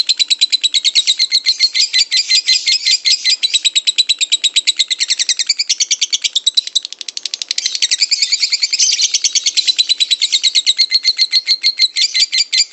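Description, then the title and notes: Lovebird ngekek song: a long, shrill chattering of rapid harsh notes, running almost unbroken throughout. Lovebird ngekek song used as a master recording to train birds, played as pancingan to stimulate singing; described as long. "suara Master Kicau Lovebird ngekek, kicau pancingan"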